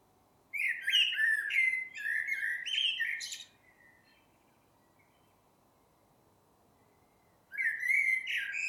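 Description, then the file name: Eurasian blackbird singing a long mellow fluted warble that ends in thin squeaky twitters, then falling silent for several seconds before the next phrase begins. "Turdus merula"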